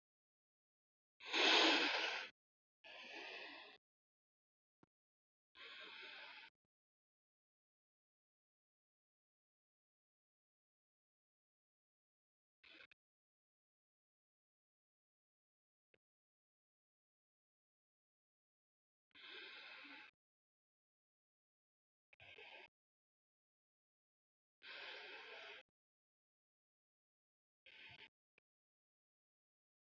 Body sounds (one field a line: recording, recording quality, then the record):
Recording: deep breathing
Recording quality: excellent, no background noise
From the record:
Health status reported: healthy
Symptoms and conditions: none ticked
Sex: female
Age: 25 years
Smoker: not ticked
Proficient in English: yes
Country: India